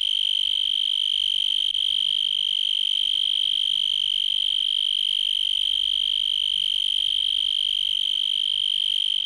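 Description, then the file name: Insect giving a continuous high-pitched note, steady and unbroken throughout with no change in pitch. "insetti insect"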